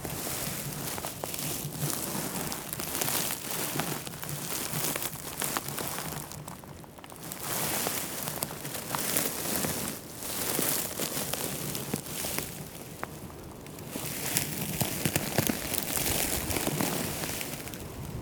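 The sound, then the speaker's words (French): Completely dry, parched gispet (mountain grass) crunches and crackles continuously, a dense crisp rustle with irregular sharper snaps scattered throughout, at a steady moderate level with no voices. “Ce bruit croustillant du gispette complètement sec et desséché.”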